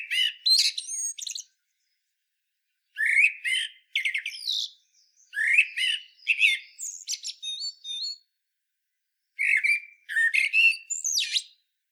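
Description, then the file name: Common blackbird singing fluty low whistles followed by thin, scratchy high flourishes, phrases repeated every few seconds with silent gaps between them. "Turdus merula"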